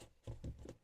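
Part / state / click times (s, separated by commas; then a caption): plastic heater vent or duct fitting into an interior panel / not seated / none. A plastic vent or duct fitting for a diesel air heater being installed in a bus is handled and pressed against an interior panel. Soft, low rustling and pattering handling sounds are heard. Nothing has seated or clicked yet.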